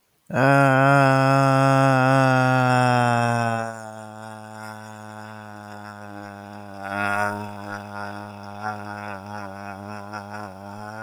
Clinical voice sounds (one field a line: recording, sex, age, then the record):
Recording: vowel held as long as possible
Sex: male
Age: 30 to 39 years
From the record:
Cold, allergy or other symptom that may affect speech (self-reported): no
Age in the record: 31 years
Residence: California, United States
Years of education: 16